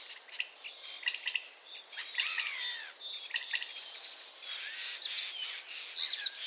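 Common starling chattering with varied whistles, short slurred notes and rattles running together in a busy, jumbled stream throughout.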